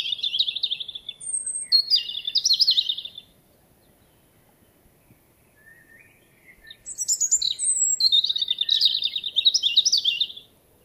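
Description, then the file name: European robin song. Two rippling phrases of high, silvery notes each last about three seconds, with a soft, lower twitter between them. "Erithacus rubecula"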